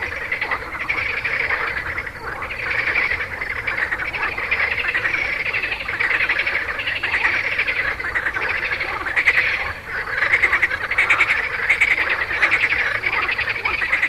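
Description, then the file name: Frogs calling in a dense, steady chorus of overlapping pulsed croaks and trills that runs unbroken throughout. "grenouilles"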